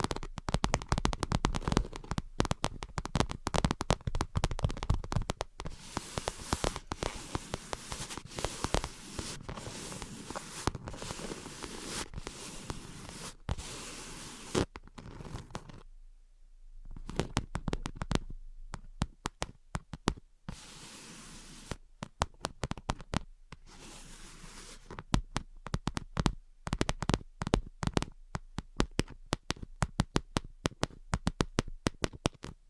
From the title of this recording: Invisible Tapping and Scratching